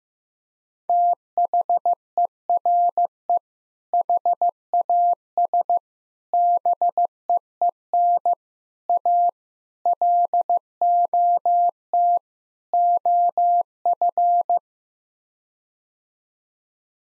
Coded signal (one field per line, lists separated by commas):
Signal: Morse code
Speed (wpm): 15 wpm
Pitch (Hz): 700 Hz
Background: none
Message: THERE HAS BEEN A LOT OF